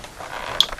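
A wiring plug is pushed onto the speaker terminal connector of an M200 speaker being retrofitted into a 2nd Gen Bose Windblocker on a 1999-2005 Miata; the connector only fits one way. A faint creaking, scraping rattle builds until a sharp, bright click at 0.6 s, followed by a couple of lighter ticks. The plug is seated.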